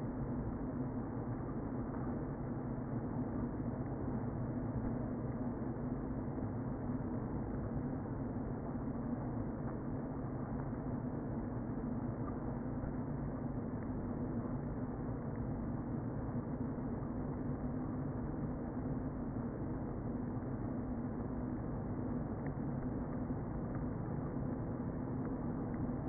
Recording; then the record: honeybee colony, microphone inside the hive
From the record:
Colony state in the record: queen present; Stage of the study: before two queens were removed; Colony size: about 60,000 bees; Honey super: yes